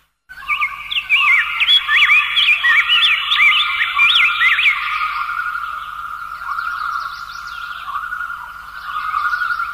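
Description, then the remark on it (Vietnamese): Many caged birds, including canaries and larks, in a large aviary with a marble floor and sandalwood cages chirp and warble together in a dense, continuous chorus, with bright rapid trills flickering over a steady high whistle-like tone; the sound stays loud throughout with no talking. “Cánh cửa thứ ba, thấy một nhà nuôi chim rất rộng, nền nhà lát cẩm thạch đủ các loại màu, loại đá quý nhất, hiếm nhất.”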